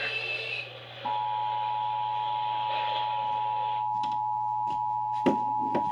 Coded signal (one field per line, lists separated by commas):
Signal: Emergency Alert System (SAME) tones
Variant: 853 and 960 Hz attention tone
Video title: DOUBLE SVR ANOTHER SEVERELY TIMES... EAS Alerts from 8/18/25 (EAS#4,548 - 4,576)